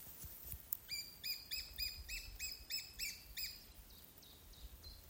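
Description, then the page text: Lesser spotted woodpecker calling: a fast run of about ten shrill, even 'kee' notes, then a few fainter repeats. One singing male in breeding season; Alūksne municipality, Latvia, 27 April 2025 at 12:31. "Lesser Spotted Woodpecker , Dryobates minor Observation time 27-Apr-2025 plkst. 12:31"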